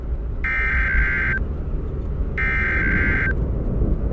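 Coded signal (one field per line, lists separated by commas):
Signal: Emergency Alert System (SAME) tones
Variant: header bursts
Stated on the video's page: Simulated EAS scenario tones for a tornado outbreak in the Florida Panhandle.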